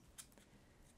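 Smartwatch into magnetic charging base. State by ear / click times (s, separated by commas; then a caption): not seated / none. A Xiaomi Amazfit GTR smartwatch is set onto its magnetic charging base, with its two charging contacts lined up, and the magnet pulls it in. Only faint contact sounds are heard: a brief tap near 0.2 s and soft knocks around 0.3 and 0.4 s. The watch is angled wrong and does not sit in the cradle, so nothing has seated or clicked yet.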